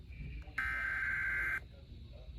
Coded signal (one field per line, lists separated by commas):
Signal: Emergency Alert System (SAME) tones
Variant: header bursts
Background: speech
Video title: Leftover EAS Alerts from 6/18/2026 | EAS #318-334